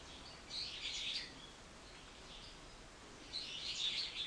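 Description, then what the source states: Bird calls as high, rapid chirping bursts, one just before the first second and another near the end, with soft hiss in between. Recorded 24 March 2023.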